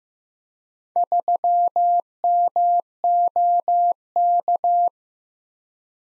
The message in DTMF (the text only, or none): none